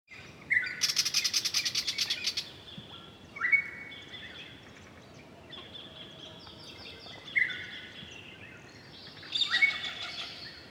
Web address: Draaiend Waterrad Vogels (watersport-natuur), KMP Film Video Sound Effects